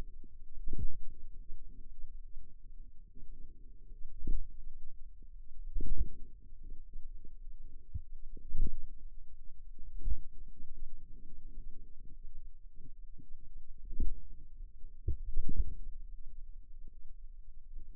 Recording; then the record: forearm muscle sounds (acoustic myography)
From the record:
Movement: pen grasping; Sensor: system 2, bracelet of six BSWA MPA416 microphones around the upper forearm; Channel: 2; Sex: female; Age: 23 years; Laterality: right